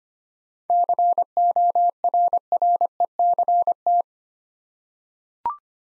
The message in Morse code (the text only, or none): CORRECT